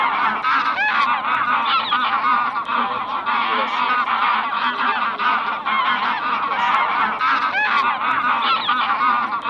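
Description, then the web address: Bean goose flock calling: a dense, unbroken chorus of overlapping honks and cackles, many birds at once with no pauses. A gathering of bean geese, described as a crowded flock. "Гуменник базар"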